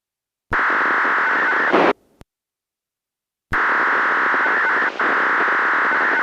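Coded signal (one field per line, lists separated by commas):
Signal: unidentified radio signal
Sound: two harsh buzzing data bursts, about 1.3 s and 2.7 s, separated by silence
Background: radio static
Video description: 最後に北海道伊達市のアナログ局の旧TOA「夕焼け小焼け」と制御信号音、並びにアンサーバック信号音が混信してしまいました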